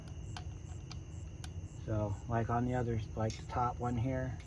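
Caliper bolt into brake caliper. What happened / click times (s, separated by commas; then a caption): Part handled, not yet seated; faint sharp ticks could be mistaken for a click / none. The top caliper bolt or pin is being handled at the caliper on the front brake assembly of a 2018 Subaru Outback, with a steady background hum and a few faint, sharp ticks at about 0.4, 0.9 and 1.4 seconds. From about 1.9 seconds someone talks. The clip ends before the bolt goes home, so nothing has seated or clicked yet.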